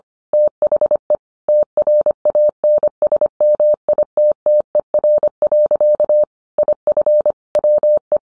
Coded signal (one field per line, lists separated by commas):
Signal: Morse code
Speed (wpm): 25 wpm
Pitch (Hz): 600 Hz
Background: none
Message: THE TRANSMITTER. IF WE